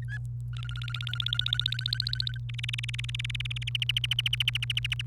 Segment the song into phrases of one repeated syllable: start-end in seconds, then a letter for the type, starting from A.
0.02-0.18 A, 0.53-2.38 B, 2.49-3.69 C, 3.75-5.01 D